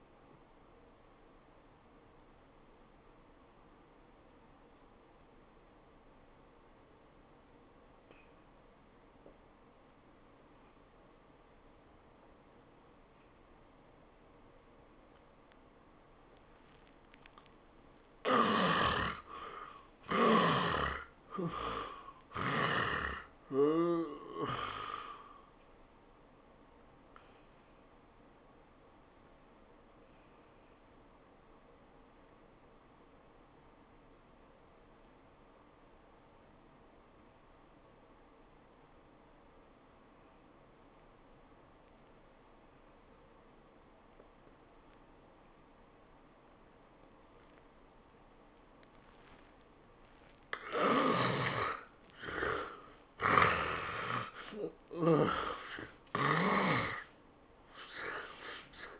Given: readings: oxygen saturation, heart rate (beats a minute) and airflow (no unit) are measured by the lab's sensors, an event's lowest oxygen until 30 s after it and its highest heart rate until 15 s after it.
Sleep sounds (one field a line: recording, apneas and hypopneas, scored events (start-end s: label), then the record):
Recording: breathing in sleep by a voice recorder at the bedside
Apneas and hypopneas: 2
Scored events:
3.00-19.90 s: obstructive apnea (N1, oxygen 85% highest, then 75% lowest, heart rate 91 at the start, 100 highest)
32.00-50.80 s: obstructive apnea (N1, oxygen 95% highest, then 72% lowest, heart rate 85 at the start, 103 highest)
From the record:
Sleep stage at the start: N1 (lightest sleep)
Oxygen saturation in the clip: 71 to 95%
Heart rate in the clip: 79 to 101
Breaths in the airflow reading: 6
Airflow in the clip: -21.1 to 15.4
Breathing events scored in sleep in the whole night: 403 in 5.5 hours asleep